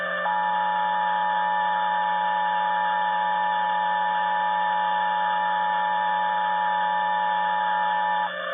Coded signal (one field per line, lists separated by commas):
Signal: Emergency Alert System (SAME) tones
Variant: 853 and 960 Hz attention tone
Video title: EAS 3489-3490: Pennsylvania Required Weekly Test for the 1st Week of August 2022